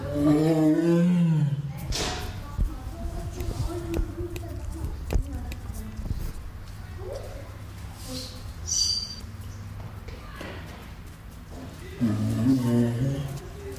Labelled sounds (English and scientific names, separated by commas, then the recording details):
Tiger (Panthera tigris) call
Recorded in captivity
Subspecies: sumatrae
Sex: male
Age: adult
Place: Tiergarten Wilhelma/Stuttgart, Baden-Württemberg, DE
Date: 1996-09-21 18:15
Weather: sunny, 16°C
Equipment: Sony MD-WM MZ-R3, Sennheiser ME 80, Kopie Uher 4000 Report Monitor
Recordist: Tembrock, Günter